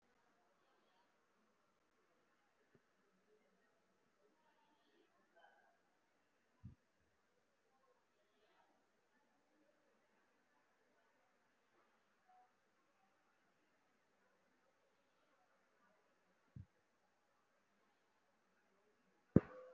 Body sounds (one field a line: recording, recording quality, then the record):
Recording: shallow breathing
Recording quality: poor, much background noise or distortion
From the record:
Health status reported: recovered from COVID-19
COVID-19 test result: positive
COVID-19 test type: RT-PCR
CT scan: taken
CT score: 5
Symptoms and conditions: cough, cold, breathing difficulty, chronic lung disease, pneumonia, ischaemic heart disease, another condition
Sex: male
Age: 57 years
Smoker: no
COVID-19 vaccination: both doses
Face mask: worn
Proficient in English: no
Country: India